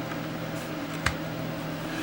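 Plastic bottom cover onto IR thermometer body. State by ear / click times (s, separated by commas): seated / 1.1 s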